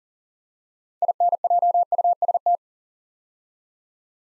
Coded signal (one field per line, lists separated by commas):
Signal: Morse code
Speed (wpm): 41 wpm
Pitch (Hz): 700 Hz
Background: none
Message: INJUST